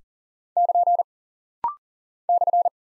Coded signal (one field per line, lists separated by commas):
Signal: Morse code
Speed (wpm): 39 wpm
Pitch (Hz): 700 Hz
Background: none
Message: <KN> /